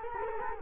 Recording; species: mosquito wingbeat signal from an infrared sensor; Culex quinquefasciatus